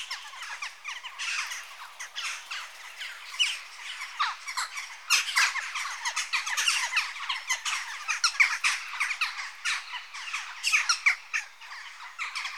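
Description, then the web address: Western jackdaws in a noisy group, rapid harsh chacks and squeaky yelps overlapping throughout. Adult birds. "BBC Sound Effects Library (Birds) Jackdaw (Corvus Monedula) Adults"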